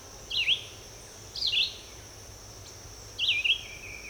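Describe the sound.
Red-eyed vireo giving three short, warbled, whistled phrases a second or two apart, with a constant high-pitched insect drone behind.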